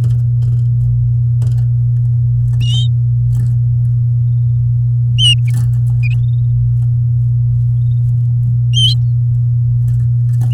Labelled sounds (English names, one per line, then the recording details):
Domestic Canary song
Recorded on 6 May 2018 at 06:56
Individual llb16